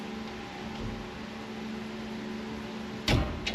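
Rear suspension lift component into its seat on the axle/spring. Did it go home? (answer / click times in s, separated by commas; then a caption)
yes / 3.1 s. During a rear 3-inch suspension lift on a pickup truck, a steel component, the leaf spring pack or lift block on its locating pin, is worked into its seat on the axle and spring over a steady low hum. It pops into place with a sharp, loud bang at 3.1 s, followed by a smaller knock at 3.5 s, and the part is seated.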